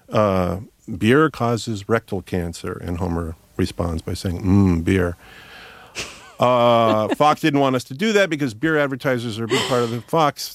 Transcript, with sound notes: beer causes rectal cancer. And Homer responds by saying, mmm beer. (Laughter) Fox didn't want us to do that because beer advertisers are a big part of the Fox